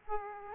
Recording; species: mosquito wingbeat signal from an infrared sensor; Aedes aegypti